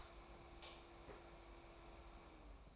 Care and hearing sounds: daily activity, microphone in the room; light off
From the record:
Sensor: 1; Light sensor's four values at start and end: 26/65/27/28 and 22/50/22/23

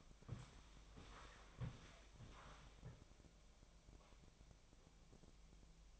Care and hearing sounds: daily activity, microphone in the room; walk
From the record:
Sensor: 1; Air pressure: 1000.6 hPa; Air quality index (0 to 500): 168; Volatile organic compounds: 4 ppm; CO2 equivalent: 1563 ppm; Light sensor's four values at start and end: 14/35/14/17 and 14/33/14/16

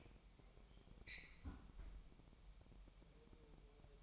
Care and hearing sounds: daily activity, microphone in the room; close fridge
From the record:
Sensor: 1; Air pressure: 1002.0 hPa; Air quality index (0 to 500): 245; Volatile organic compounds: 51 ppm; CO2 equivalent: 3306 ppm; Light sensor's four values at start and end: 8/28/10/11 and 8/28/10/11

